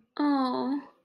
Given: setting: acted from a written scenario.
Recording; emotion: vocal sound without words; elation